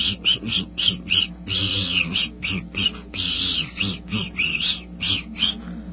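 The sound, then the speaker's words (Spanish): A high lip whistle with a fast wavering vibrato, coming in a string of pulsing bursts over several seconds, with a low murmur underneath. “Si colocas los labios de una forma específica, puedes tocar un silbato. Ahora, vamos a ponerle vibratos.”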